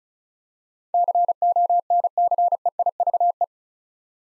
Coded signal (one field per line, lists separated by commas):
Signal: Morse code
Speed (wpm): 36 wpm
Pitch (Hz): 700 Hz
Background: none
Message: CONCEIVE